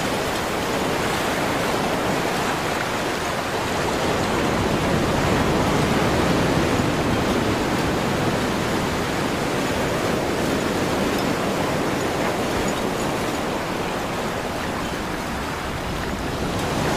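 Waves crash nearby in a steady, dense roar of surf that swells slightly around the middle, with no breaks or quiet moments.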